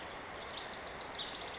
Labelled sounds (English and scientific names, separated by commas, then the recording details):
House Wren (Troglodytes aedon)
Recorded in Sonoma County, California